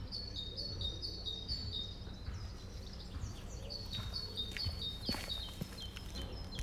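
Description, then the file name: Bird: high chirps from small birds, repeated in quick runs through most, with a constant low rumble and a few short sharp clicks. In a park. "Birds Chirping In The Park"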